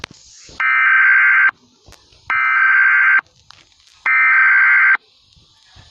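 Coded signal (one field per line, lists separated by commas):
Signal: Emergency Alert System (SAME) tones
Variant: header bursts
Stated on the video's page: Fictional EAS message made with KineMaster and Mobizen.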